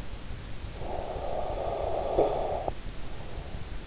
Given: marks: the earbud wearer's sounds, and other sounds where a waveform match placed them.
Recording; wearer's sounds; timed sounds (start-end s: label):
sounds in sleep by an in-ear microphone; snoring breath
0.71-3.74 s: snoring breath